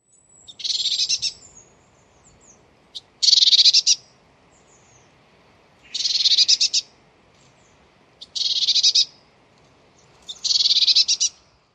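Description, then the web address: A bird gives five harsh, raspy rattling calls, each about a second long or less, spaced a couple of seconds apart. "cianscape birddata Deverinetal 2025 File origin Bird Only"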